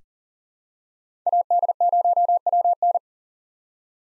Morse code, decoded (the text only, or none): AD0WN